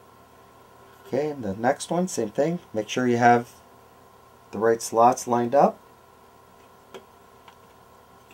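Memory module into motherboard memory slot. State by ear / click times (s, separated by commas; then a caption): not seated / none. Someone talks while the second memory module of a Mac Mini upgrade is lined up with the correct slot notches on the motherboard memory slot before being pushed in. Only faint ticks are heard at about 7.0 and 7.5 seconds as the module is handled. Nothing has seated or clicked yet.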